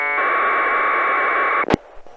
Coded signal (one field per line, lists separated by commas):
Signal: packet radio (AX.25, as in APRS)